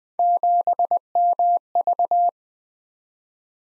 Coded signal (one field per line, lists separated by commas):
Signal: Morse code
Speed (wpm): 20 wpm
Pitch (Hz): 700 Hz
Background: none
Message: 7MV